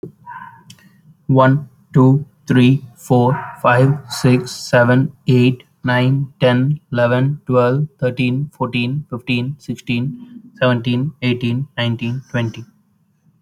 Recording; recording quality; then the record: counting at a normal pace; excellent, no background noise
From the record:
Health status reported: healthy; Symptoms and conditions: none ticked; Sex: male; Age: 23 years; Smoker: not ticked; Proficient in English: yes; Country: India